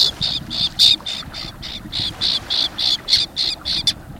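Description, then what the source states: Common terns giving harsh, grating calls in a rapid series of many short bursts. Flock of common terns flying over the water of Hood Canal in September with a light breeze; voices described as harsh.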